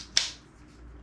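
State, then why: Seated. A metal bipod leg is swung forward into its deployed position until it locks into its locking arm on the bipod body. A single sharp, bright snap at 0.2 s stands out against a quiet background and fades quickly. The leg is seated and locked in place.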